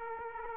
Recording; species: mosquito wingbeat signal from an infrared sensor; Aedes aegypti